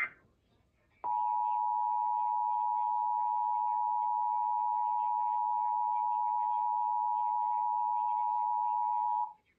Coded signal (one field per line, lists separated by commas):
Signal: Emergency Alert System (SAME) tones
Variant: 853 and 960 Hz attention tone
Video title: Pennsylvania RMT On Comcast 10/17/24 (EAS #3472)